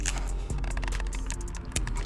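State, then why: Seated. A loose, replacement plastic fuel tank breather valve is pushed back into its mount on a BMW engine during reinstallation, over a steady low hum and scattered small ticks and rustles. A sharp, distinct click at 1.8 s marks the valve seating in place.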